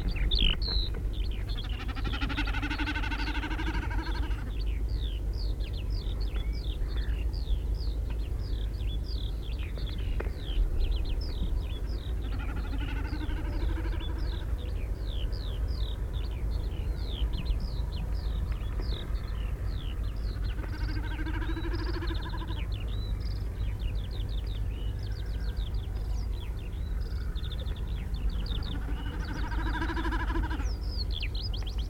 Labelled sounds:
Common Snipe call
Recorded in the wild
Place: Landow, Insel Rügen, Mecklenburg-Vorpommern, DE
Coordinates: 54.408, 13.265
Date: 1970-05-03
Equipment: Nagra III BH, Sennheiser MD 21, parabola
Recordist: Schubert, Michael
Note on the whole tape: Bei Landow: Revierflug Bekassine (Reflektor in den Händen gehalten)

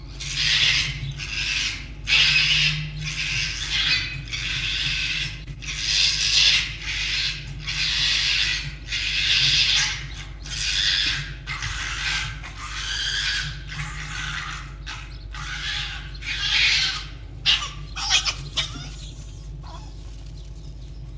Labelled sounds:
Red Fox
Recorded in captivity
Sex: group
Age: adult
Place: Zoologisches Institut der HUB, Berlin, DE
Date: 1956-02-20
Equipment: Elmetra
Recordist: Tembrock, Günter
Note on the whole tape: Jupp: Ranzmuffen (beim Aufreiten auf Fiffi), Muffen ohne Fleisch, einmal beim Aufstellen gegen Zenzi; Zenzi: Keckern; Fiffi: Knurren und Sprödigkeitslaute gegen Jupp; Zenzi (von Jupp nochmals verfolgt): Winseln (gepreßt) bis Kreischen. Immer wieder starke technische Störungen (Brutzeln/Knistern) und Netzbrummen

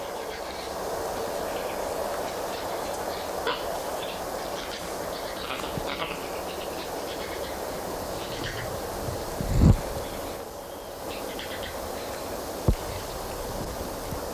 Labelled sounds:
Black-handed Spider Monkey
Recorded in captivity
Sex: group
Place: Tiergarten Schönbrunn, Wien, AT
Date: 1989-06-07 21:15
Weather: sunny, 14°C
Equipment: Sony WM-D6C, Kopie Tesla B 116
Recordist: Tembrock, Günter

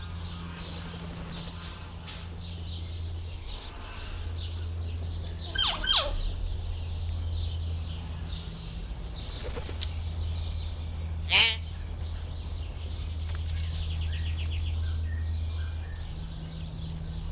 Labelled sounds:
Common Hill Myna
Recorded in captivity
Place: Zoo Berlin, Berlin, DE
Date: 1996-04-20 19:07
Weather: sonnig, 24°C
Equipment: Sony MD-WM MZ-R3, Sennheiser MKH 416 T, Kopie Uher 4000 Report Monitor
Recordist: Tembrock, Günter

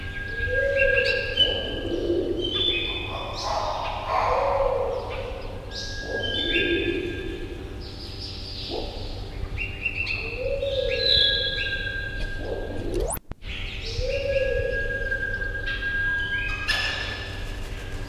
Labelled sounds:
Sunbittern
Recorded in captivity
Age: adult
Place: Tierpark Berlin, Berlin, DE
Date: 1974-01-26 10:40
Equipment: Uher 4200 Report Monitor, Verst., Sennheiser MD 421
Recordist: Tembrock, Günter

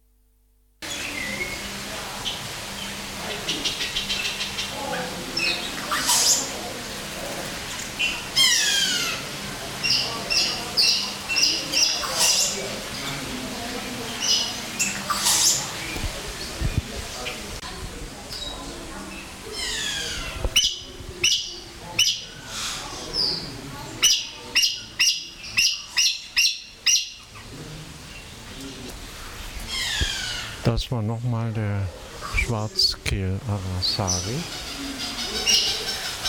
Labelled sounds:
Black-necked Aracari call
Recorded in captivity
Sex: male
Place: Zoo Berlin, Berlin, DE
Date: 1996-05-05 13:00
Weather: bedeckt, 8°C
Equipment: Sony MD-WM MZ-R3, Sennheiser MKH 416 T, Kopie Uher 4000 Report Monitor
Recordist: Tembrock, Günter

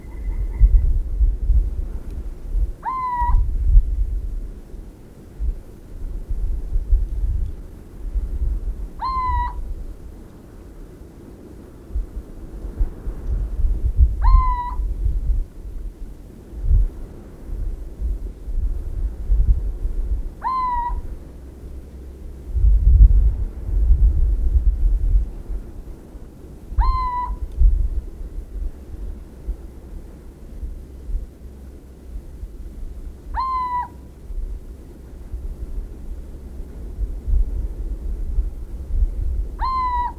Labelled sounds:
Little Owl call
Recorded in the wild
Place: Adamclisi, Dobrogea, RO
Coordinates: 44.086, 27.956
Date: 1973-05-02
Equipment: Nagra III BH, Sennheiser MD 21, parabola
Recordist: Schubert, Michael

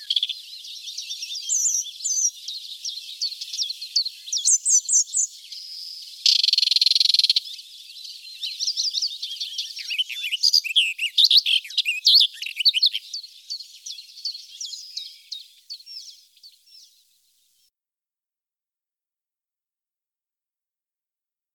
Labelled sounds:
Barred Warbler song
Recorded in the wild
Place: Ahlenmoor, Schleswig-Holstein, DE
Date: 1980-05-29
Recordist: Schwarz, Dieter
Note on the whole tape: Song

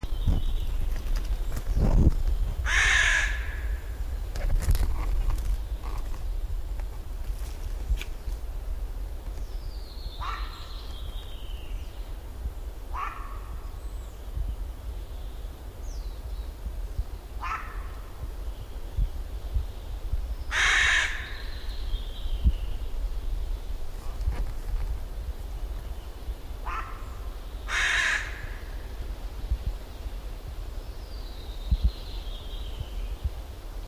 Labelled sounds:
Hooded Crow call
Common Raven
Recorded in the wild
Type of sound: call
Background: Corvus corax
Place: Halbinsel Kindo, Karelien, RU
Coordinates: 66.5508, 33.1036
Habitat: taiga
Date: 1990-07-01 17:20
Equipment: Uher 4000 Report Monitor, Sennheiser MKH 416 T
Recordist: Frommolt, Karl-Heinz
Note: Rufe einer Nebelkrähe (C.c.cornix). Im Hintergrund Kolkrabe

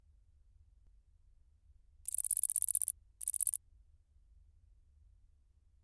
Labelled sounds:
Great Green Bush-cricket stridulation
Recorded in captivity
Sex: male
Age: imago
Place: Athen, Hymettos, GR
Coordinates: 37.8647, 23.8089
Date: 2010-06-30 20:38
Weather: 29°C
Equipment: Fostex FR2-LE, Sennheiser MKH 40 P48
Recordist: Frommolt, Karl-Heinz
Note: Tettigonia viridissima collected as larvae in Greece. Single song. Sound recordings were done in anechoic chamber. The light was off clock 17:31. Distance from microphone 30 cm

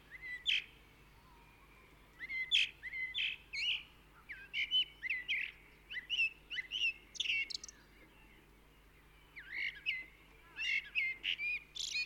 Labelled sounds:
Common Blackbird song
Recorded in the wild
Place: Kaiserslautern, Rheinland-Pfalz, DE
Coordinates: 49.26, 7.45
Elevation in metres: 206
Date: 1977-03-06
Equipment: Nagra IV, Sennheiser MKH 405, Parabolreflektor
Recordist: Tretzel, Erwin

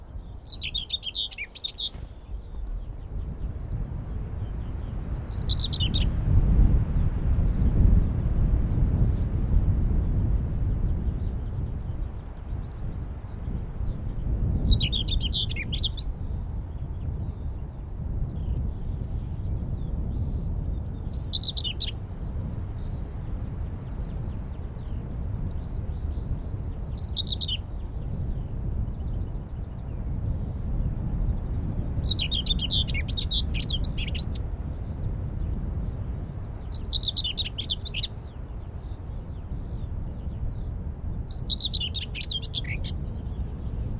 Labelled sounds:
Common Whitethroat song
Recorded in the wild
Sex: male
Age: adult
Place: Falkenberger Rieselfelder, Barnim, Berlin, DE
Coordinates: 52.5803, 13.5522
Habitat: field
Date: 2005-05-20
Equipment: Edirol R-4, Sennheiser MKH 70, Windschutz
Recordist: Frommolt, Karl-Heinz
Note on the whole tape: Gesang. Entfernung 5 m. Tier gesehen

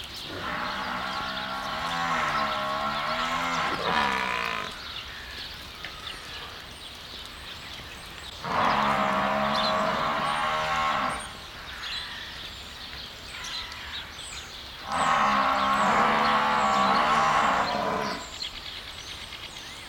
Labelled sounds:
Water Buffalo
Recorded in captivity
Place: Zoo Berlin, Berlin, DE
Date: 1994-02-12 12:17
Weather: bedeckt, leichter Schneefall, um 0°C
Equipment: Marantz CP 430, Sennheiser MKH 416 T, Kopie Uher Variocord 263
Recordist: Tembrock, Günter
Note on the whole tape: B. a. f. bubalis (Sumpfbüffel): Lang- Dehnungslaute, mehrere Exemplare (12 m), wohl vor Fütterung

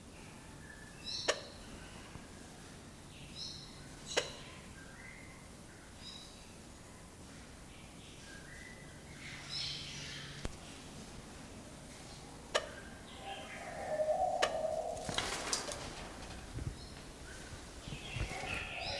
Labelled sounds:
Hartlaub's Turaco call
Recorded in captivity
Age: adult
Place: Zoo Berlin, Berlin, DE
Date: 1997-10-25 10:52
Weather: wolkig, 3°C
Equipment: Nagra SN, Kopie Uher 4000 Report Monitor
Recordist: Tembrock, Günter

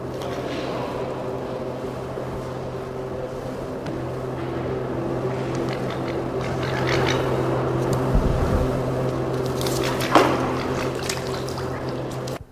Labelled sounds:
Philippine Duck call
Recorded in captivity
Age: adult
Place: Zoo Berlin, Berlin, DE
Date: 1988-12-28 10:10
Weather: overcast, 6-7°C
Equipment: Nagra SN
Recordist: Tembrock, Günter

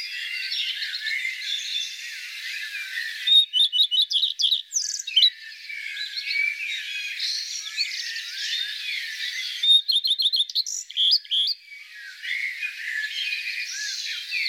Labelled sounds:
Common Redstart song
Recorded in the wild
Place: Oberrotweil am Kaiserstuhl / Bickensohl, Baden-Württemberg, DE
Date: 1991-05-14
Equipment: Dat-Recorder Casio DA 7, Telinga M2, stereo, Telinga-Parabolspiegel
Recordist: Schwarz, Dieter
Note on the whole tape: Song

